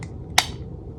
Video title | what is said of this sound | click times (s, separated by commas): Tokyo Marui MP7 Gas Blow Back - Enhanced Sear Installation / Chassis Disassembly | and you kind of heard it like click a little bit you shouldn't have to push very hard there shouldn't be a ton of spring tension here because the | 0.4 s